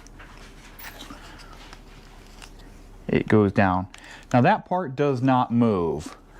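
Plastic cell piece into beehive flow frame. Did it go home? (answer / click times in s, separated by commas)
no / none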